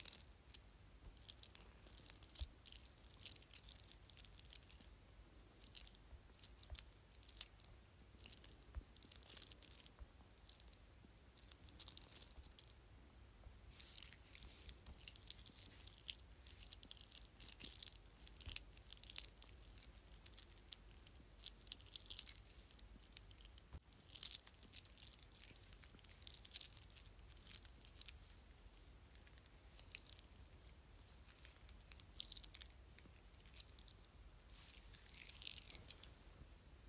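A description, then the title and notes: Beads on a bracelet click and rattle in quick, dense, irregular bursts, crisp, over a quiet low hum. ASMR Bracelet of Beads.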